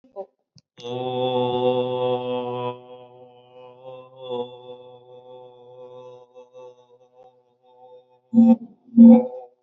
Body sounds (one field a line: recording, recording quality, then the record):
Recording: sustained vowel as in boot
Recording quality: moderate, slight background noise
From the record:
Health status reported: recovered from COVID-19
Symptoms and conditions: fever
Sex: male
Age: 27 years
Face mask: not worn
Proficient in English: yes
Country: India